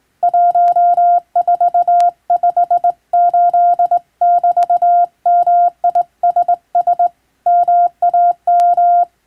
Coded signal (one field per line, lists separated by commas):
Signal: Morse code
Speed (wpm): 21 wpm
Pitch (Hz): 700 Hz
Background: none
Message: 1458<BT>MISS MAM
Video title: 【船舶無線通信士】手打ちで打つ懐かしいモールス符号、昔はラジオでよく聞こえました。船と陸との唯一の通信手段、大変貴重な無線通信でした。受信トレーニングにどうぞ morse code practice